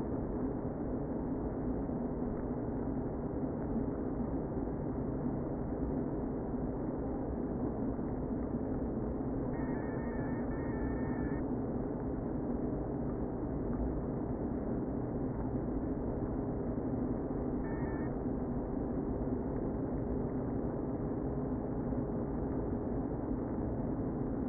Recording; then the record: honeybee colony, microphone inside the hive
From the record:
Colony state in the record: queen present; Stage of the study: before two queens were removed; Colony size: about 60,000 bees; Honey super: yes